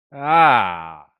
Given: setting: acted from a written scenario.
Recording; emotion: vocal sound without words; negative surprise